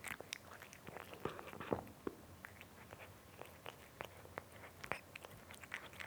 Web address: BBC Sound Effects Library Cats Cat Eating (Nice Crunchy Sound)